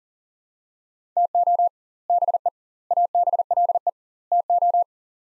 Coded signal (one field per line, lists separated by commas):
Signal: Morse code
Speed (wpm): 37 wpm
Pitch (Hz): 700 Hz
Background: none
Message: TO BE ABLE TO